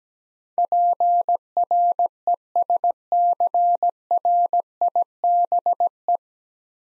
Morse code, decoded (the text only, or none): PRESCRIBE